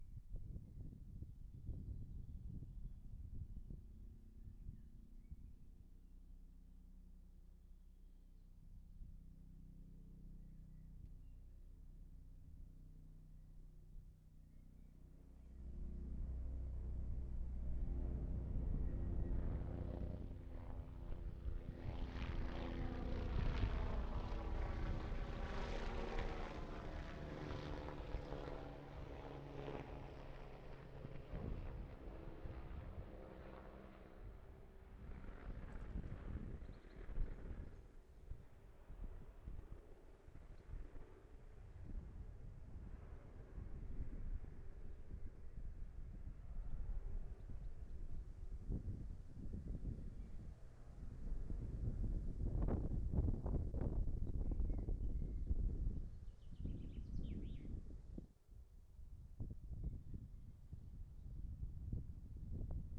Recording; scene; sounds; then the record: everyday scene through a hearing-aid microphone; wind on the microphone; wind, low-flying plane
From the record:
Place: in front of a rural house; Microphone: behind the ear, right, rear